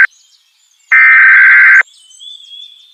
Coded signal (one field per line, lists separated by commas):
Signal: Emergency Alert System (SAME) tones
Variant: header bursts